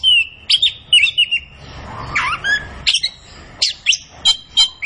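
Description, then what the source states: Orange-headed thrush with scattered sharp whistled notes and short slurred phrases, separated by brief gaps. Orange-headed thrush singing energetically in full, constant song (gacor), used as masteran training audio for other birds.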